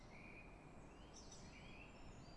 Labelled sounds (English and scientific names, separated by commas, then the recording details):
Song Thrush (Turdus philomelos)
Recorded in Germany
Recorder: ecoPi